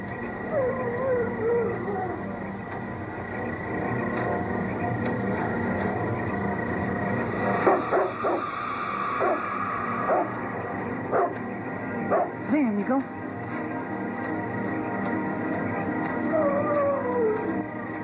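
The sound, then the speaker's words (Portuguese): A young dog whimpers with thin, high whines, then breaks into a cluster of sharp yipping barks midway before settling back into soft whimpering over a low steady hum. “Você ainda é um cachorro jovem, não deve entender, mas...”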